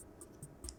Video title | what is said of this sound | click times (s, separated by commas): I Was Sent an Ezl to Review - The best phone grip on the market? Maybe. | there we go it snapped in place that's very nice | 0.7 s